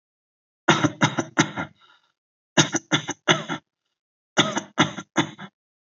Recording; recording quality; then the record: shallow voluntary cough; excellent, no background noise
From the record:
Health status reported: healthy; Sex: male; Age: 22 years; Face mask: not worn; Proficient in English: yes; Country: India